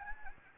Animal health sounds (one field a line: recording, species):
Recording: mosquito wingbeat signal from an infrared sensor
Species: Anopheles gambiae